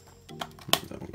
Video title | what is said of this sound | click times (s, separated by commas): Figure Unboxing Mankanshoku Mako | Oh, and they click too. What a satisfying click. | 0.4 s, 0.7 s